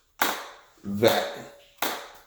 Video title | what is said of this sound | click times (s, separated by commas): Stop Using Dirty Mop Water… Try This Instead (Honest Review) | One of the things that I do like about this though is that as you fold this up, it wants to snap into place. | 0.2 s